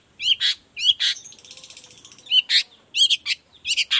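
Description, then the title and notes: Long-tailed shrike song of harsh buzzy bursts and sharp clipped notes, with a soft rapid chattering trill in the middle, delivered in short uneven phrases. Sung in the morning; 'toet toet' sound variation; used as a lure so other shrikes of any type reply quickly and open their beaks. "Cendet Gacor Dor Di Kala Pagi Toet Toet Variasi Suara. Cendet Gacor Efektif Pancingan Buat Cendet Jenis Apapun Agar Cepat Nyaut Buka Paruh. Burung cendet"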